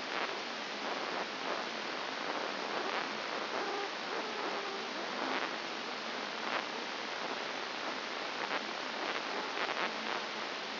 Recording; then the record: brain microelectrode recording played as sound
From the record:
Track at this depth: outside the subthalamic nucleus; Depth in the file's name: 5.901 mm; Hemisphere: left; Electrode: 2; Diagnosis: Parkinson's disease